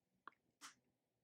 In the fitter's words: there's a slight click you hear